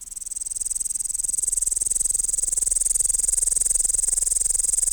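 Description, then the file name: Upland green bush-cricket song, an unbroken high, sizzling buzz that swells slightly at the start and holds evenly. "Tettigonia cantans"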